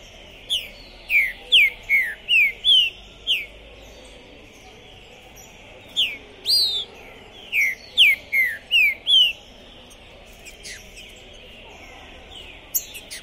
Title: Seu TRINCA Piando, Cantando E Macheando Na DISPUTA. Esse TRINCA FERRO ficou POSSUÍDO na PORTA do TORNEIO! Trinca Ferro Pistoleiro 2021